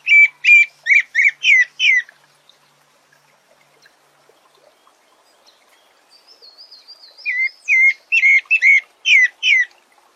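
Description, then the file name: Pale-breasted Thrush song: a rapid run of slurred, warbling whistled notes, a pause, then a thin high whistle leading into another run of similar notes. "Canto do Sabia barranco"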